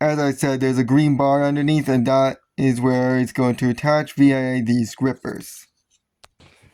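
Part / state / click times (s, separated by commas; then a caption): plastic Lego assembly with clip grippers onto a bar on the model body / seated / 6.2 s. Someone talks while a plastic Lego assembly with clip grippers is pressed onto a dark green bar on the model body. A single sharp click is heard at 6.2 s as the part snaps into place and seats.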